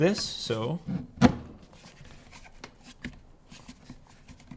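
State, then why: Seated. Someone talks briefly as a plastic BougeRV charging cable organizer for Tesla Model S, 3, X and Y is pushed forward onto its wall/garage mounting bracket. The ridges on both parts make it click into place with a sharp snap at 3.1 s, followed by a few faint ticks. It is seated firmly and won't come off.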